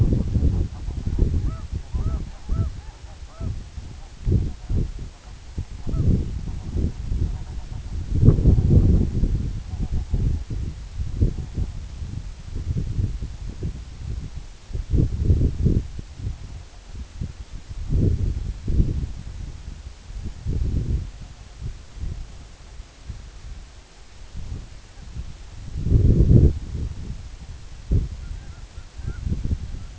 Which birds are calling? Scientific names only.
Somateria spectabilis, Branta canadensis